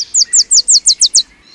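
Wilson's Warbler song: a quick run of about seven sharp, downslurred notes, evenly spaced and steady in pitch, stopping abruptly after just over a second.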